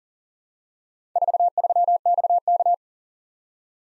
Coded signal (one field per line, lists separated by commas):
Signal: Morse code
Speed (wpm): 37 wpm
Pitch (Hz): 700 Hz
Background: none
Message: 43XK